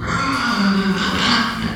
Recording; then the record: squeal of a Yucatan mini pig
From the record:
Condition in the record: after surgery on the right vocal fold (resection and tissue-engineered implant); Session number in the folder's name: 16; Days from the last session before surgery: 183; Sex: female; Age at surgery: 19 weeks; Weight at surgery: 25 kg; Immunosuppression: prednisolone